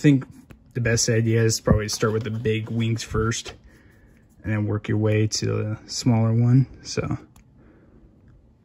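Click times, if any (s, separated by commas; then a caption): none. A large plastic wing piece is handled near the socket on an action figure's back while someone talks. A few faint, brief ticks are heard. Nothing has seated or clicked into place yet.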